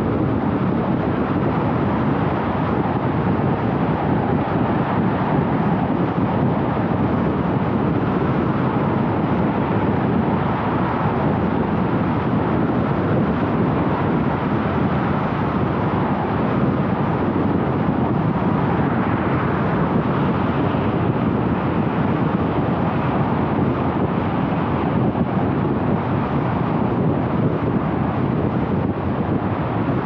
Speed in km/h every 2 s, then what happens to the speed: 82, 83, 83, 85, 86, 87, 87, 87, 85, 84, 82, 81, 81, 80, 79.
0-30 steady at about 83.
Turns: none.